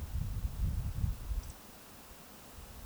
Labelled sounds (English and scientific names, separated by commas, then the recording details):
Eurasian Woodcock (Scolopax rusticola) whistle
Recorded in Baden-Württemberg, Germany, on 16 May 2020 at 02:34 UTC
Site 46190, 1214 m above sea level